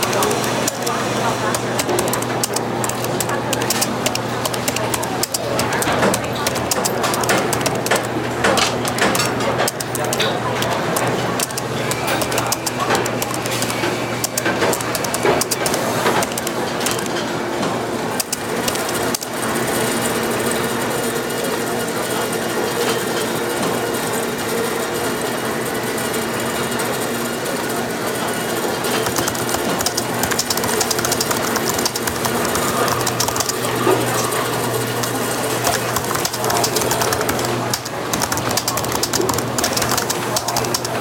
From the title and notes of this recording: Sounds of coffee brewing, dishes clattering, and soft chatter. Cafe sounds.